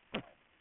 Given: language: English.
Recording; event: throat vibration sensor signal played as sound; cough